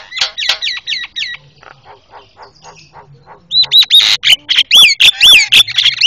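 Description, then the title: Javan myna repeating a looping whistled note several times, softer harsh chatter, then a loud fast series of ringing whistles and squawks. Super noisy Javan myna calls, used for training cage birds (masteran). "Jalak Kebo Master Suara Super Berisik Buat Masteran"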